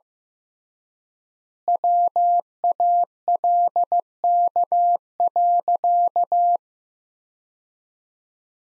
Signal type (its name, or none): Morse code